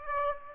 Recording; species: mosquito wingbeat signal from an infrared sensor; Aedes aegypti